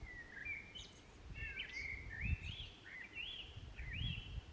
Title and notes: A blackbird singing in the park, May 2021.